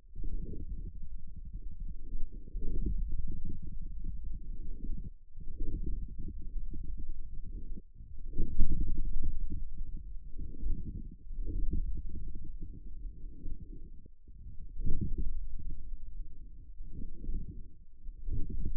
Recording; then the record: forearm muscle sounds (acoustic myography)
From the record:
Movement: forearm supination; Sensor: system 1, eight BSWA MPA416 microphones around the upper forearm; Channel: 8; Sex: male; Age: 41 years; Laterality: right